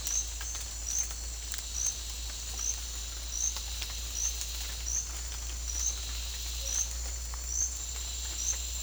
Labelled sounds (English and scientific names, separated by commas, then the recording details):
none
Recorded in dense forest near Puerto Asís, Putumayo, Colombia, on 21 December 2024 at 08:00
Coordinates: 0.485, -76.318
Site GP03